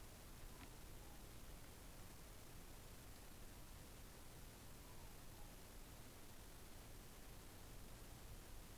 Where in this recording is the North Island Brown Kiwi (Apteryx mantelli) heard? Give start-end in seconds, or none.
none